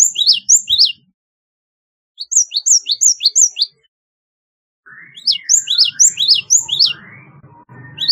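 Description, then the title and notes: Java sparrow song, bursts of sharp high chipping notes in rapid runs separated by pauses, with lower drawn-out notes and soft rattling in the last run. "Kicau Burung Gelatik"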